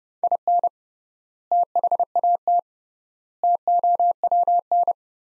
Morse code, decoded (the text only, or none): IN THAT TOWN